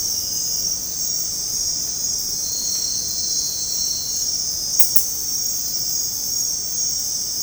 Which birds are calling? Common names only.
none